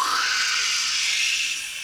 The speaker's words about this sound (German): Was soll das denn sein? Das ist das Geräusch des Windes in den Zweigen.